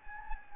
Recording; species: mosquito wingbeat signal from an infrared sensor; Anopheles gambiae